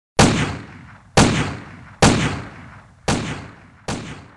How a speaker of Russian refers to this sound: Выстрелы пистолета воспринимались на слух как резкие звонкие щелчки, как удары плеткой.